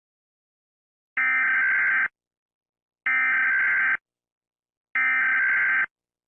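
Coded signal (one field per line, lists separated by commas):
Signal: Emergency Alert System (SAME) tones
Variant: header bursts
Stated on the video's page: Fictional entertainment scenario using valid EAS tones.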